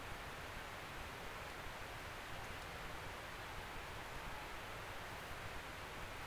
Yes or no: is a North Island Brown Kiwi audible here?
no